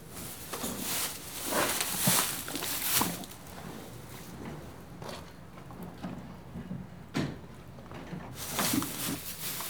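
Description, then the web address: Horse munching hay with irregular crunches, rustling and occasional shifting movement. One horse eating hay and moving. "BBC Sound Effects Library Horses One horse eating hay, and moving"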